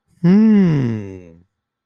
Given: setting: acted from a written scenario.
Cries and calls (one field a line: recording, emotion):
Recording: vocal sound without words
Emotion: interest